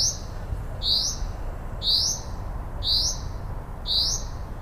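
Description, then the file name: Common Chaffinch uttering a sharp, high upslurred note five times at a regular pace of about once per second, over a steady low background hum. "Fringilla coelebs"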